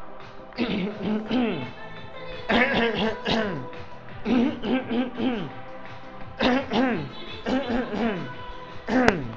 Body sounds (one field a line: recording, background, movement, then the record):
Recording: throat clearing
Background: music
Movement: walking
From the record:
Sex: male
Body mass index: 20.6 kg/m2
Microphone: on the chest, facing outward